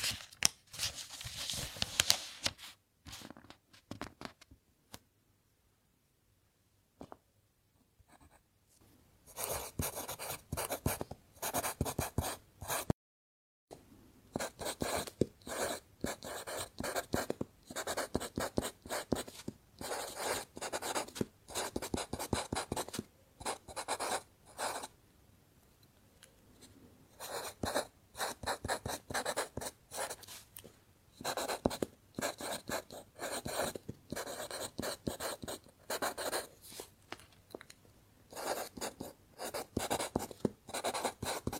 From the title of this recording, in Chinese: 铅笔写字沙沙声